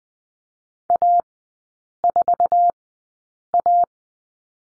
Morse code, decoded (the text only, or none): A4A